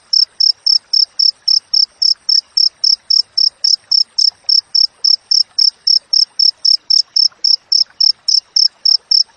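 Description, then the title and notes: Insistent cricket chirping, bright high pulses repeated about four times per second without a break, soft background crackle. Clear, natural cricket chirping with close, tight spacing between chirps, used as training audio for songbirds and for repelling rats. "Masteran Jangkrik Alam Jernih, Jeda Rapat Cocok Untuk Masteran Burung Dan Mengusir Tikus. suara jangkrik"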